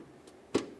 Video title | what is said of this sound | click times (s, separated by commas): How to Replace Windshield Washer Reservoir 2013-2017 Honda Accord | this little tab right here will click into that spot | 0.6 s